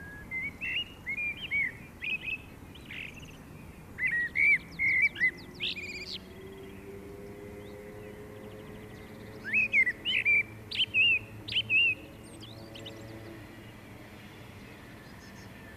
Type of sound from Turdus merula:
song